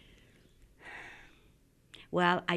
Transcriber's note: she sighs